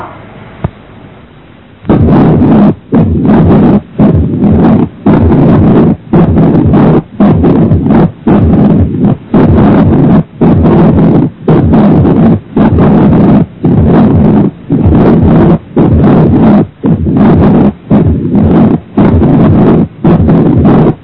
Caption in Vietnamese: Khi màng ngoài tim bị viêm, lá thành và lá tạ cọ sát vào nhau tạo nên một tiếng thô, ráp, ngắn ở giữa hai tiếng tim, thường nghe thấy ở vùng trước tim và không thay đổi theo hô hấp.